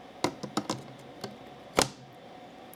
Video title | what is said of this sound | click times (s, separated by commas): Retro II Overview (My Apple II Compatible 6502 Computer) | just snaps in place like that | 1.8 s